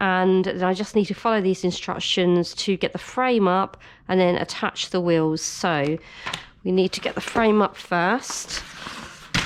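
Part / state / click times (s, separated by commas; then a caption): pushchair frame fold lock / not seated / none. Someone talks throughout while handling a folded Hauck Sport pushchair frame, getting ready to raise it and push it open so its fold lock engages. Faint handling rustles come near the end, but the fold lock has not clicked or seated yet when the clip ends.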